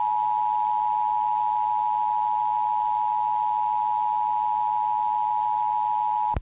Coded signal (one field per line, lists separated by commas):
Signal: Emergency Alert System (SAME) tones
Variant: 853 and 960 Hz attention tone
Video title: [EAS #2324-#2354] RWTs & RMTs from the week of 4/3/23 (Part 2)